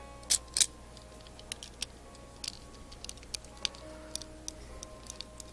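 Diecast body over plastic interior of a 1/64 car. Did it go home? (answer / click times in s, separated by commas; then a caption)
no / none. A diecast body is brought down over the plastic interior of a 1/64 diecast car, with two brief louder bursts near the start and a scatter of faint short ticks over a steady low hum. The body fails to snap in and nothing has seated or clicked yet, so the joint has to be filled and clamped instead.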